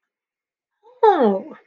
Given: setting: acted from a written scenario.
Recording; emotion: vocal sound without words; interest